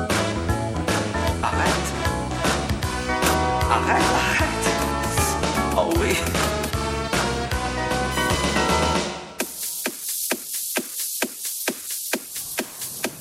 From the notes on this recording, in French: une soirée de vendredi vraiment sympa au bowling st savin